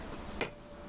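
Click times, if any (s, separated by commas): 0.4 s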